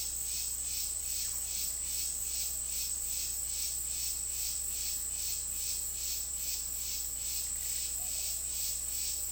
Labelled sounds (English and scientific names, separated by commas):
none